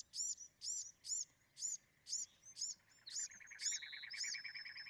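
Bewick's wren: small songbird giving a series of sharp high slurred notes about twice a second, later joined by a lower rapid trill, over faint background noise.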